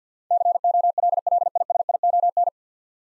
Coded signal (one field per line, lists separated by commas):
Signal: Morse code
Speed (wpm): 50 wpm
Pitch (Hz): 700 Hz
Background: none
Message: COLLISION